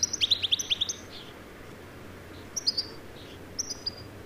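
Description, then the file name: European goldfinch calls: a quick liquid twittering run at the start, then a couple of brief tinkling groups of high notes after a quiet gap. "Carduelis carduelis"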